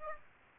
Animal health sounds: mosquito wingbeat signal from an infrared sensor; Aedes aegypti

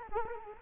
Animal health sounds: mosquito wingbeat signal from an infrared sensor; Culex quinquefasciatus

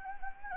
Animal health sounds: mosquito wingbeat signal from an infrared sensor; Anopheles gambiae

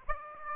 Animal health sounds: mosquito wingbeat signal from an infrared sensor; Aedes aegypti

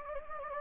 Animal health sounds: mosquito wingbeat signal from an infrared sensor; Anopheles gambiae

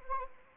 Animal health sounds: mosquito wingbeat signal from an infrared sensor; Anopheles arabiensis

